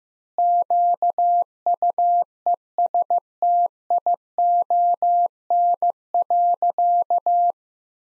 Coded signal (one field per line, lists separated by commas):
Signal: Morse code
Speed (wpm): 15 wpm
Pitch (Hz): 700 Hz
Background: none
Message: QUESTION.